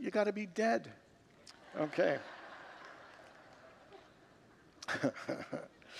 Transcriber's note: congregants laugh